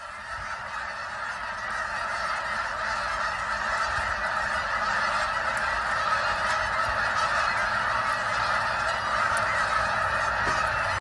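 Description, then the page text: Canada goose: canada geese honking in a dense, continuous chorus of overlapping nasal calls with no pause across the whole stretch. Recorded in Maryland. "Canada Goose by Dan Small"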